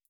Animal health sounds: hydrophone in a shrimp aquaculture tank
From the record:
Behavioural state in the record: starved

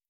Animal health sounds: hydrophone in a shrimp aquaculture tank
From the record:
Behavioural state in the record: starved

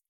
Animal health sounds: hydrophone in a shrimp aquaculture tank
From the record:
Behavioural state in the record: feeding

